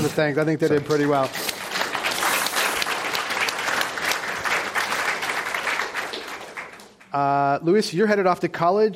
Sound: applause

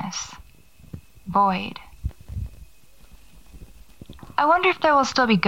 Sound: static crackles

